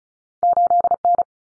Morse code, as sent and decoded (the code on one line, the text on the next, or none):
---.. -.
8N